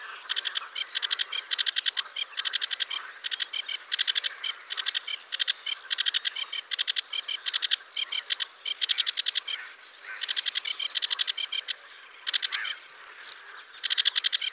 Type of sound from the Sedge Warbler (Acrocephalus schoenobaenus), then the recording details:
song. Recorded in the wild. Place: Braslawskiye, BY. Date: 2005-05-18. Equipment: Minidisc Sony MZ-R35, Telinga DAT, Telinga-Parabolspiegel. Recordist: Schwarz, Dieter